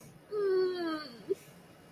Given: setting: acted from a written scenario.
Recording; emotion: vocal sound without words; sadness